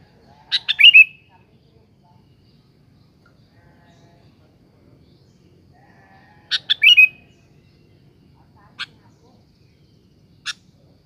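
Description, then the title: Sooty-headed bulbul song: a quick bubbly phrase ending in a slurred whistle, repeated about six seconds later, with two brief sharp chirps near the end. "Kutilang"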